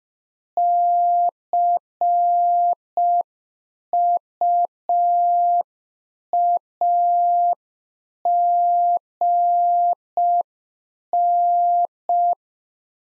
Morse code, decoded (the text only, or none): CUAGN